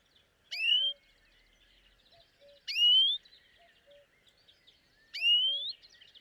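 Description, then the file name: European greenfinch giving a drawn-out rising call three times, a couple of seconds apart, with faint twittering of other birds and soft low notes between. "Chloris chloris"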